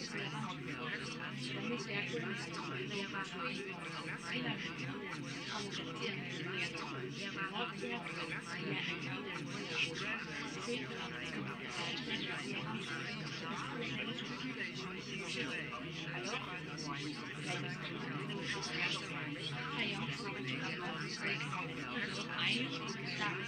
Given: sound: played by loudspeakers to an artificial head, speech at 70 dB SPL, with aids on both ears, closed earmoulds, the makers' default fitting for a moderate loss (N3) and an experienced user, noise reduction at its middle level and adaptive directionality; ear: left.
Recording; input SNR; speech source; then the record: speech test signal (ISTS) in cocktail-party noise; -6 dB; on the right (90 degrees)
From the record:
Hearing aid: class 2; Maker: F